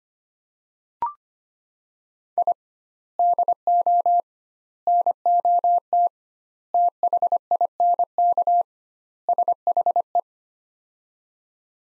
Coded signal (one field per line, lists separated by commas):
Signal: Morse code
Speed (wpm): 25 wpm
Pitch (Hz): 700 Hz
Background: none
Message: I DO NOT THINK SHE